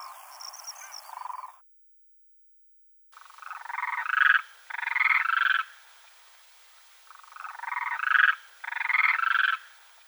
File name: ZHuravl krasavka